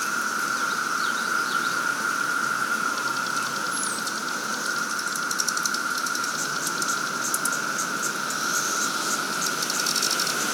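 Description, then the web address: Periodical cicadas droning in a dense, continuous whining chorus. 17-year cicadas in a capital city, 2024. "The Psychologically Ultimate 220 Year Cicada Bloom. 17 Year Capital City Cicadas"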